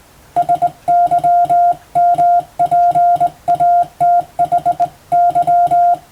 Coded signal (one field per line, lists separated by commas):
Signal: Morse code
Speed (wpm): 20 wpm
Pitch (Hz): 700 Hz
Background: music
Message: SYMPATHY